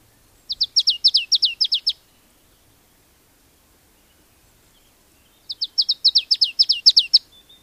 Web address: agykontroll Madardalok Cd 1. Barátcinege